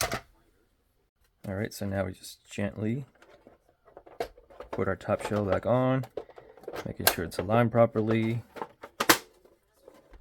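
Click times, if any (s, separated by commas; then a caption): 9.0 s, 9.1 s. Someone talks while the plastic top shell of a game console is lowered onto the base, aligned and pressed down until its clips engage. Two loud snaps at 9.0 and 9.1 seconds mark the shell snapping into place, seated.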